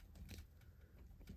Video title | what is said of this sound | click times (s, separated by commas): EKUAZ Studio 1/12 REVENGER THE PUNISHER Arcade Video Game Series Action Figure Review | there we go it is now snapped in place | 0.3 s